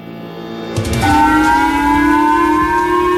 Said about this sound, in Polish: Syreny obudziły wczoraj rano mieszkańców japońskiej wyspy Hokkaido. Ogłosili, żeby schować się w solidnych budynkach, a ja od razu pomyślałam, że zaraz będzie pierwszy wybuch.